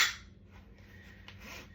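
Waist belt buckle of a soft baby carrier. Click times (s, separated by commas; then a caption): 1.3 s. The plastic waist-belt buckle of a soft baby carrier, with the belt routed under the safety elastic, is pushed together. After a loud opening burst and low background hum, one sharp, short click sounds at 1.3 s as the buckle seats shut.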